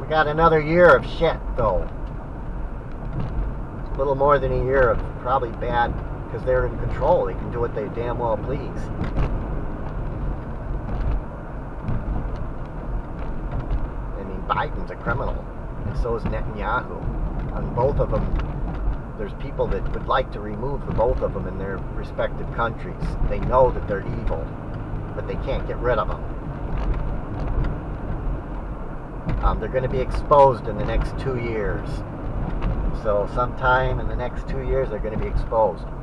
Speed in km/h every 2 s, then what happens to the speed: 55, 55, 56, 60, 63, 60, 56, 56, 55, 53, 52, 52, 58, 60, 61, 60, 58, 55.
3-8 speeds up to 63. 8-19 slows to 52. 22-26 speeds up to 60. 26-31 steady at about 60.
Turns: none.